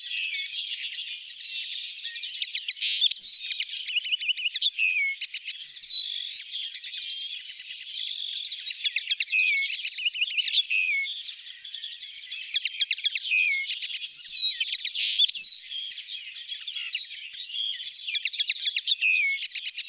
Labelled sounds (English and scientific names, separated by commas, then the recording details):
Common Linnet (Linaria cannabina) song
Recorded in the wild
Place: Merdingen bis Ihringen / Kaiserstuhl, Baden-Württemberg, DE
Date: 1980-05-15
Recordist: Schwarz, Dieter
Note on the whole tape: Song